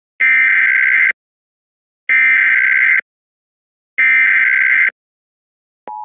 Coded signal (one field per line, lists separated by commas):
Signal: Emergency Alert System (SAME) tones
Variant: header bursts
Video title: EAS SCENARIO #2: Obliterated, Gone. (A SWS SCENARIO)